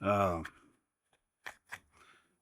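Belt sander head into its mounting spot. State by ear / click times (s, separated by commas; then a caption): partly seated / 1.5 s. Someone talks briefly as the head assembly of a Harbor Freight belt sander is fitted into its mounting spot. A single sharp hit at 1.5 s marks the head popping into place, followed by a few quieter handling sounds. The head sits in the spot but does not lock.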